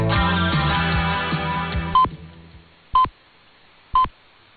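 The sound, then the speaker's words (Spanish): Radio time signal pips on an LRT medium-wave broadcast: three short, steady, mid-pitched beeps spaced one second apart, following a dense burst of broadcast sound that cuts off abruptly into near silence, the broadcast being cut exactly at the time signals. “se cortó la emisión precisamente con las señales horarias.”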